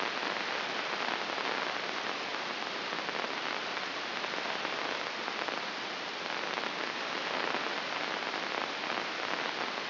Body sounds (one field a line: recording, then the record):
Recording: brain microelectrode recording played as sound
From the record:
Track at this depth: outside the subthalamic nucleus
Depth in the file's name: 4.223 mm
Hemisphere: left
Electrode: 2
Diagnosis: Parkinson's disease